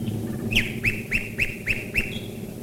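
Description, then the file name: Common nightingale song, a series of six loud, swooping whistled notes repeated evenly about every third of a second, with a low rumbling background. Nightingales singing while bombers fly overhead, recorded in 1942. "nightingales and bombers 1942"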